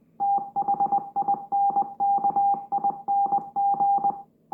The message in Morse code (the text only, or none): THINKING